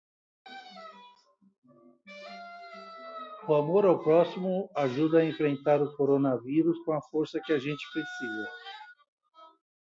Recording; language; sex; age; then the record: spoken sentence; Brazilian Portuguese; male; 70 to 79 years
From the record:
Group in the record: control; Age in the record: 70 years